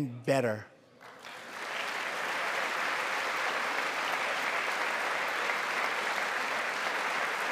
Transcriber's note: applause